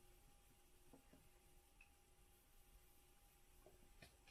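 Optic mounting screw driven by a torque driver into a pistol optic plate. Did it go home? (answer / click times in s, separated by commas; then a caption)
no / none. A torque driver turns an optic mounting screw into the OSight plate while mounting an OSight S (RMsc) optic onto a PSA Dagger (RMR) pistol. Over a quiet low hum, only faint ticks are heard near 1.8 s and 4.0 s, with a slightly louder one at the very end. The driver has not clicked yet.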